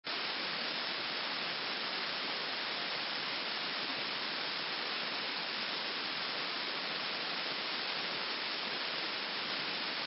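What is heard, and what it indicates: A steady, unchanging hiss runs the full ten seconds at even loudness. It is bright, with no low rumble, and cuts off in the upper treble. It is generated white noise, a masking sound used in tinnitus sound therapy to cover ringing in the ears.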